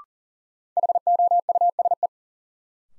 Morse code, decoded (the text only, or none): HOUSE